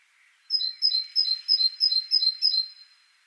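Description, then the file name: Great tit song of seven evenly spaced two-note phrases, sharp high note dropping to a lower one, repeated about three times a second. "Parus major"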